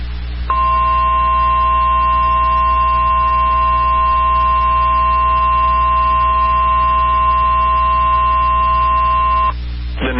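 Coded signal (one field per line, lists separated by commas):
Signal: Emergency Alert System (SAME) tones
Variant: 1050 Hz attention tone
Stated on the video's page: Valid EAS tones for a tornado warning in Dunn County, WI.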